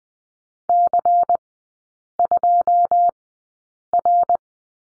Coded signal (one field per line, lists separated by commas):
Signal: Morse code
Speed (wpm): 20 wpm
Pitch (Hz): 700 Hz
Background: none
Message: C2R